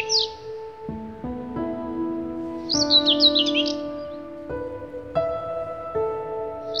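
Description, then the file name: Bird giving a short high chirping burst at the start, a busier warbled burst midway and a brief one at the end, above soft held musical tones. "Bird Song Group - Chirping"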